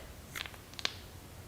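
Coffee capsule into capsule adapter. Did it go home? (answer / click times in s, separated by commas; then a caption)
yes / 0.8 s. A coffee capsule is placed upside down in the plastic capsule adapter of an Outin portable espresso machine and pushed down until it clicks. Faint plastic ticks and scrapes are heard around 0.4 s and 0.8 s, followed by a sharp click at 0.9 s as the capsule seats firmly in place.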